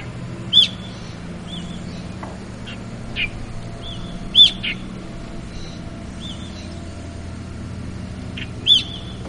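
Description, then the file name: Brown-eared bulbul calls, sharp high notes repeated about every four seconds, with fainter softer notes between and a constant low background hum. "hiyo"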